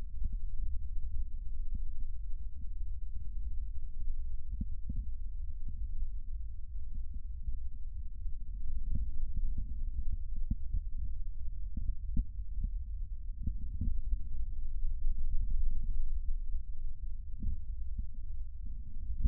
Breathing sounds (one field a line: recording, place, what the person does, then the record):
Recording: lung sounds by stethoscope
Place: right posterior basal chest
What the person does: quiet breathing, then deep breathing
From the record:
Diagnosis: interstitial lung disease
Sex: female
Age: 53 years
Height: 168 cm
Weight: 108 kg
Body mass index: 38.3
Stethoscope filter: bell mode